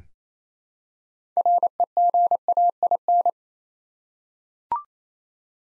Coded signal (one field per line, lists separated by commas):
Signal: Morse code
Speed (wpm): 27 wpm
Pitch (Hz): 700 Hz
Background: none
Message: REGAIN